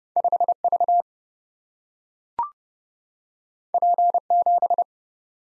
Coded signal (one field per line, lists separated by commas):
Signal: Morse code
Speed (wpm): 30 wpm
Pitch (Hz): 700 Hz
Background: none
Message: 5V P7